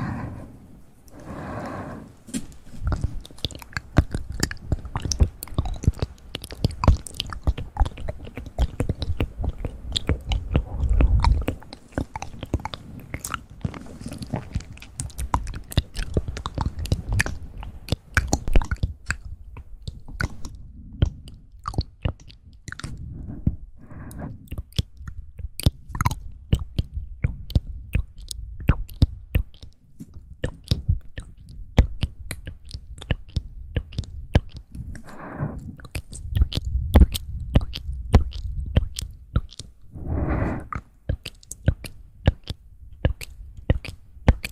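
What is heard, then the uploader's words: Mouth sounds made up of dense, rapid clicks, smacks and wet chewing noises that run through the full 45 seconds without pause. A low rumble sits underneath, and a few brief breathy swells stand out near 2, 35 and 40 seconds. ASMR mouth sounds.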